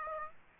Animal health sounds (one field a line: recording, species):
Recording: mosquito wingbeat signal from an infrared sensor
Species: Aedes aegypti